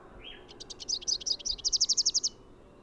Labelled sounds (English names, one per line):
Rufous-capped Warbler song